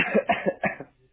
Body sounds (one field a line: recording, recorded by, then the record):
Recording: voluntary cough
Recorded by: telephone call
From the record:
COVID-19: positive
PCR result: checked with the laboratory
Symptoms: no